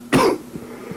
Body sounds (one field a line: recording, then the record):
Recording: coughing mixed with background sound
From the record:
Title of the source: Coughing 77